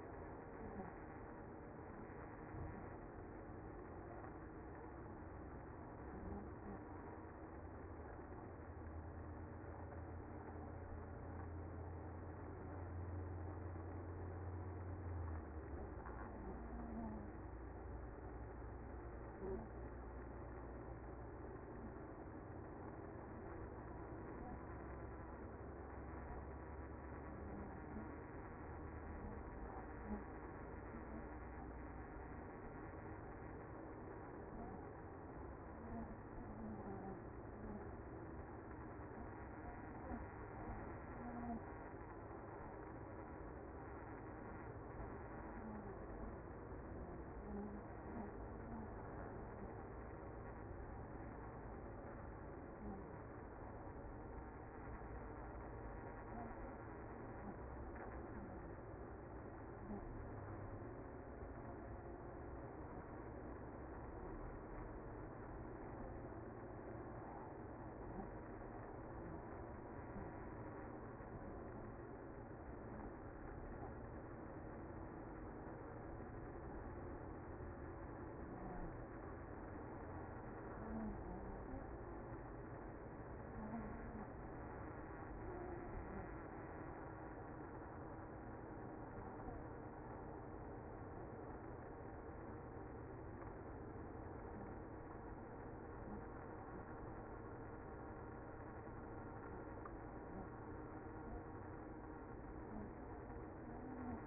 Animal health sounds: honeybee colony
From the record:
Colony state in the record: active

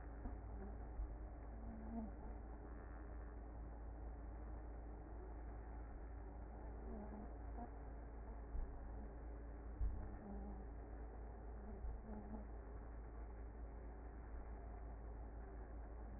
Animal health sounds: honeybee colony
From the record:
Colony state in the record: active

